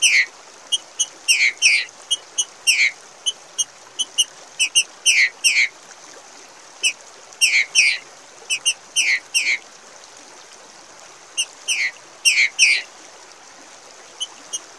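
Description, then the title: Green-winged Saltator calling with sharp ticks and falling squeaky slurs, grouped in bursts every few seconds over nearly fifteen seconds. Female singing like a male (macheando) to warm up and stimulate a male. "Fêmea De Trinca Ferro Macheando Para Esquentar Trinca Ferro"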